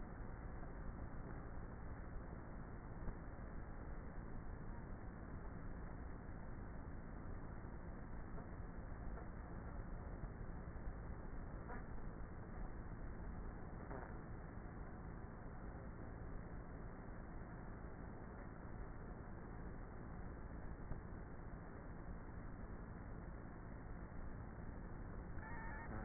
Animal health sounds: honeybee colony, microphone inside the hive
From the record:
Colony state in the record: queenless with a low population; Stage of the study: before two queens were removed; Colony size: about 30,000 bees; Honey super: no

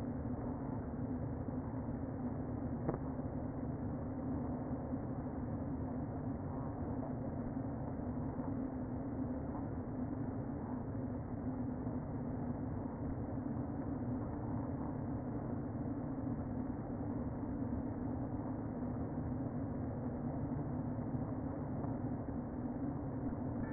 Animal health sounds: honeybee colony, microphone inside the hive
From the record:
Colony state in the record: queen present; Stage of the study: before two queens were removed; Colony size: about 60,000 bees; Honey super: yes

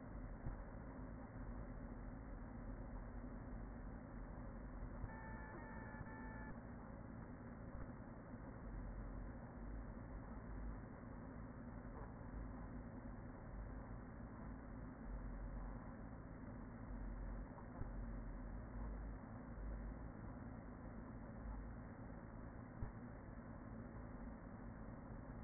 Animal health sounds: honeybee colony, microphone inside the hive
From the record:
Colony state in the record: queen present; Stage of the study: after two queens were removed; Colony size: about 40,000 bees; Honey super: no

